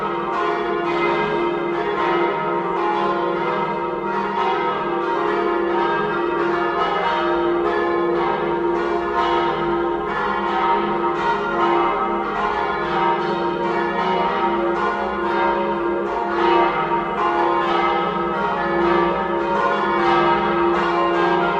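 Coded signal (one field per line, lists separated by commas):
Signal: bell signal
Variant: 5 bells, plenum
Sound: several church bells ringing together continuously, overlapping strikes with long ringing tones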